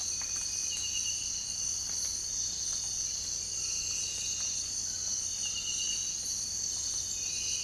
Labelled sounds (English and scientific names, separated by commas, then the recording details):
none
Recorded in dense forest near Puerto Asís, Putumayo, Colombia, on 19 February 2024 at 05:30
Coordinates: 0.484, -76.317
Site G6464